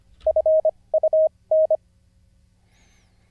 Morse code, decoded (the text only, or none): FUN